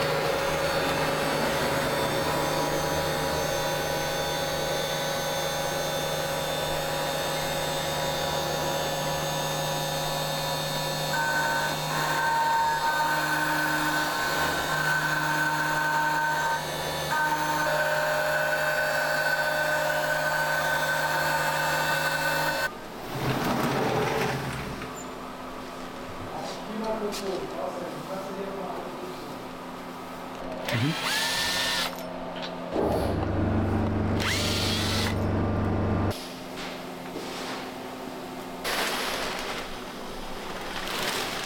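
A CNC mill faces a block, running as a steady, dense machine drone with a sustained low hum and a thin high tone that comes and goes. Around 23 seconds the sound shifts to sparser, changing whirs and clatter, with a louder low burst near 33–36 seconds.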